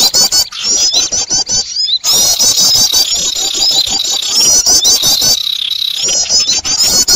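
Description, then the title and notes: Birds giving rapid shrill twitters and squeaky trills, with a few short breaks. Noisy bird sounds used for luring birds. "Burung Ribut Pikat"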